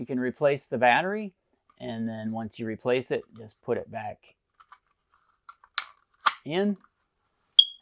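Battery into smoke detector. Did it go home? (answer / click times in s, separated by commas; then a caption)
yes / 5.8 s. Someone talks while a replacement battery is put back into the smoke detector of a 2026 Newmar Northern Star, with a few faint taps as it is handled. A sharp snap at 5.8 s marks the battery seating in place, followed by another snap and more talk. A short, high beep from the unit confirms the battery is locked in.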